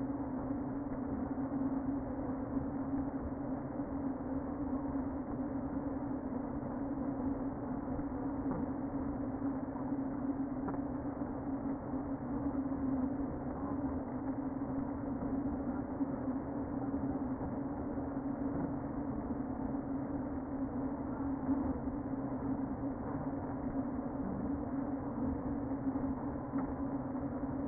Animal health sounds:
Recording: honeybee colony, microphone inside the hive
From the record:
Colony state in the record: queen present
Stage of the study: before two queens were removed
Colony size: about 60,000 bees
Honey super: yes

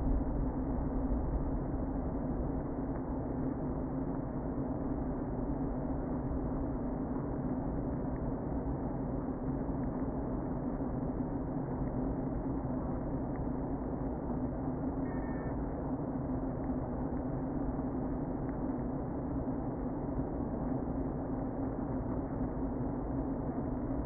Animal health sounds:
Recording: honeybee colony, microphone inside the hive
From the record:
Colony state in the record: queen present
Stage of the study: before two queens were removed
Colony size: about 60,000 bees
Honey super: yes

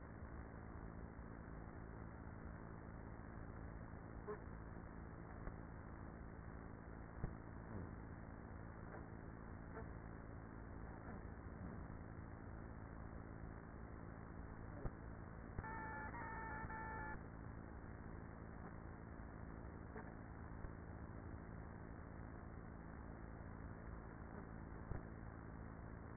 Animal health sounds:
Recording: honeybee colony, microphone inside the hive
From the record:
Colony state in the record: queenless with a low population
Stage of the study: after two queens were removed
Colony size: about 30,000 bees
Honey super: no

